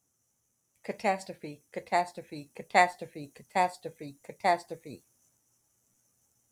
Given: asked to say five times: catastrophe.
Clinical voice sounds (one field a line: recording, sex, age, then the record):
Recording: repeated word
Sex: female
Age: 40 to 49 years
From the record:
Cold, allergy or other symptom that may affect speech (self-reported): no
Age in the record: 45 years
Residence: Georgia, United States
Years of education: 16